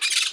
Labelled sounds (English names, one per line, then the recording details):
Brown-throated Parakeet contact call
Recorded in Margarita
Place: San Francisco, near stadium
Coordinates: 11.018, -64.294